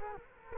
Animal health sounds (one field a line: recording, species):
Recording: mosquito wingbeat signal from an infrared sensor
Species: Culex quinquefasciatus